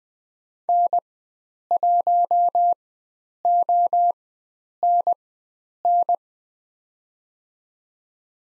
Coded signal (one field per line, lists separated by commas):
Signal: Morse code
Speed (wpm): 20 wpm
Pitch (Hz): 700 Hz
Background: none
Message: N1ONN